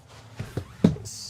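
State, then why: Released. The removable dinette table top in a Leisure Travel Van Wonder W24RL Class C RV is lifted and popped out of its wall bracket. Soft thumps at about 0.4 and 0.6 s lead into a sharp hit at 0.9 s as the table top releases from the bracket, followed by a faint high hiss.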